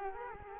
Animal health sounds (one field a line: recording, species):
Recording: mosquito wingbeat signal from an infrared sensor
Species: Culex quinquefasciatus